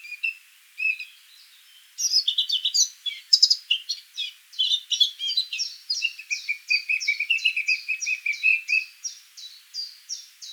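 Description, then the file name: Eurasian blackcap singing a long, lively warble: scratchy chatter swells into loud varied phrases, then a steady string of quick repeated notes. "Sylvia atricapilla"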